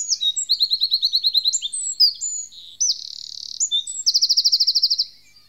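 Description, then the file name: Eurasian wren singing: a rapid series of high repeated notes, short sweeping phrases, a dense buzzy trill, then a loud rattling trill of about a dozen quick notes. "winterkoning"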